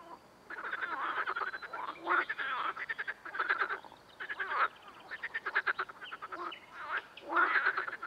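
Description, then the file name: Amphibians croaking in overlapping bursts of rapid rattling pulses, with short gaps between them. Ambience. "AMBAmphibiens"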